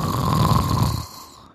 グ ーグ ー。 グ ーグ ー寝 てい ます ね。 グ ー グ ー originally describes an actual snoring sound. It also describes the state of sleeping well often associated with snoring.